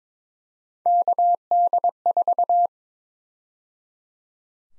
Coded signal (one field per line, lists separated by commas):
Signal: Morse code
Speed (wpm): 22 wpm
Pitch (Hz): 700 Hz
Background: none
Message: KD4